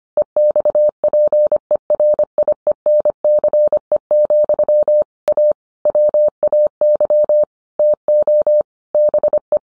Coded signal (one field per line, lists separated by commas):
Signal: Morse code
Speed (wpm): 25 wpm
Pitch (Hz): 600 Hz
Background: none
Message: EXPERIENCE, A WAY TO BE